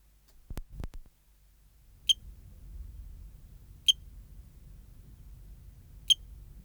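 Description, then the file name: Eugrylloides pipiens cricket song: three crisp high chirps about two seconds apart, preceded by a couple of dull thumps at the start. "Eugrylloides pipiens"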